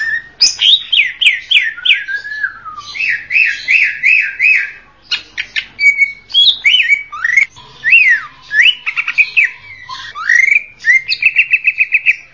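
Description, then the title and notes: Greater green leafbird song opening with a row of sharp upswept whistles, then mixed chattering phrases, swooping notes and a closing rapid trill. Champion-grade cucak ijo song. "Kicau Burung Cucak Ijo Juara. Suara kicauan burung cucak ijo"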